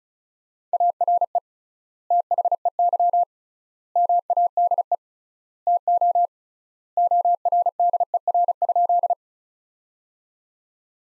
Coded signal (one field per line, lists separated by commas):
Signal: Morse code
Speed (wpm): 36 wpm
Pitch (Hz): 700 Hz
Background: none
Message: ARE THEY MADE TO ORDER?